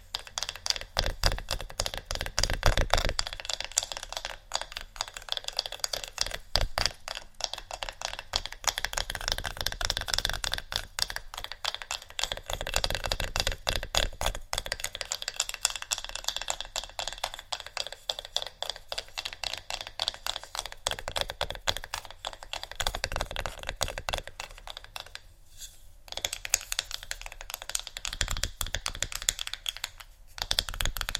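Fast tapping on wood, book and metal surfaces runs nearly nonstop for the whole stretch, a dense patter of sharp, bright clicks much like rapid typing. The rhythm stays quick and busy, with short lulls around 25 seconds and louder bursts scattered throughout.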